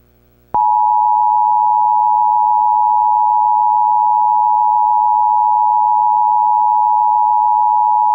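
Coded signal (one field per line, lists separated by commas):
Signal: Emergency Alert System (SAME) tones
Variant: 853 and 960 Hz attention tone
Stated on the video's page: Mock EAS Required Monthly Test for an earthquake exercise, shown on a cable EAS screen.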